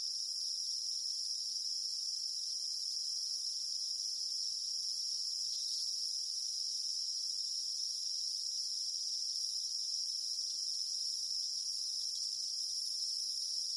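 Cicada song as an unbroken, sizzling high-pitched whine, even and constant from start to finish.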